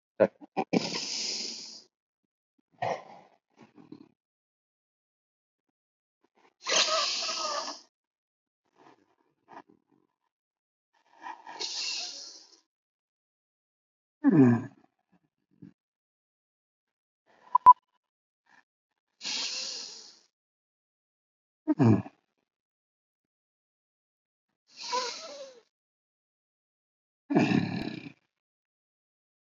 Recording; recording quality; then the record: deep breathing; excellent, no background noise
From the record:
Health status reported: exposed to COVID-19, no respiratory illness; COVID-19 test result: negative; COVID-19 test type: RT-PCR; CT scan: taken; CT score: 5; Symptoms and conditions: cough, cold, sore throat, fatigue, loss of smell and taste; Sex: male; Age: 65 years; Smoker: yes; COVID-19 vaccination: both doses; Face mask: worn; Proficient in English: no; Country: India